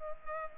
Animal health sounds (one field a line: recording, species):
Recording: mosquito wingbeat signal from an infrared sensor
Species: Culex pipiens